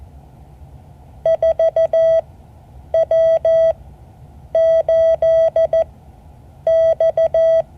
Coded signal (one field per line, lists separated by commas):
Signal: Morse code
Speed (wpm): 14 wpm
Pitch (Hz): 650 Hz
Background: none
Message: 4W8X